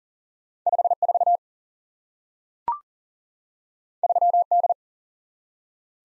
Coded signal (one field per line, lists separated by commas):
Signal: Morse code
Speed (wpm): 40 wpm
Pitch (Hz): 700 Hz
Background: none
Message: 5 4 3 D